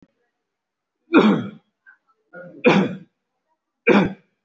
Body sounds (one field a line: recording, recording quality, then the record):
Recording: heavy voluntary cough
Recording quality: excellent, no background noise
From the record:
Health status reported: respiratory illness, not identified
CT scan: taken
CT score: 0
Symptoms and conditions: cough, cold, asthma, chronic lung disease, pneumonia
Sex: male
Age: 62 years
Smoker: no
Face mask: not worn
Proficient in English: no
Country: India